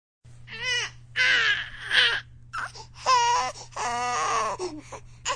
Baby Crying.